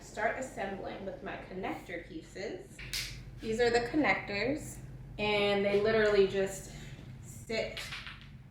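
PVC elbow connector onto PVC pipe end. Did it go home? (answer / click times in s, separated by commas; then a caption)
no / none. A 1/2 inch PVC 90-degree elbow connector is handled at the end of a PVC pipe for a backdrop column while someone talks throughout. Nothing has seated or clicked yet; the clip ends before the connector goes home on the pipe.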